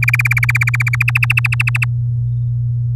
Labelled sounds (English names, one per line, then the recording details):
Domestic Canary song
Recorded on 8 May 2018 at 14:31
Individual llb16